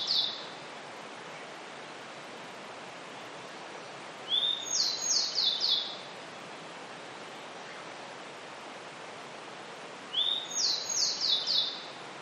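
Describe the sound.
Grey bunting singing: the tail of one phrase, then two full phrases about six seconds apart, each a high whistle followed by quick falling notes.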